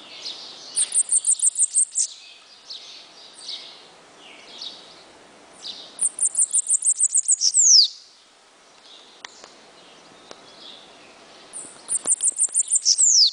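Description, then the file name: Bananaquit singing three times, each a quick train of high ticking notes ending in a downward buzzy slide, with other birds chattering softly between songs. "Cambacica"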